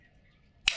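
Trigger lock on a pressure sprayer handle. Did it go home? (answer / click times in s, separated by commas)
yes / 0.7 s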